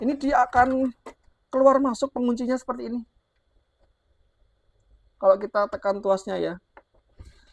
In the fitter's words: la cerramos inmediatamente, ¿se puede? No. Está atascada y hay que ponerla así.